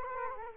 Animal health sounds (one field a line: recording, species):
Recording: mosquito wingbeat signal from an infrared sensor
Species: Culex quinquefasciatus